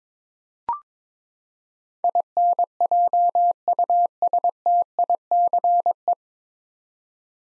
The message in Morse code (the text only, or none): INJUSTICE